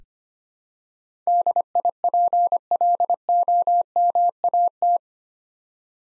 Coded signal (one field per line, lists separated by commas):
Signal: Morse code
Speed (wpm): 25 wpm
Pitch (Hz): 700 Hz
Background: none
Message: DIPLOMAT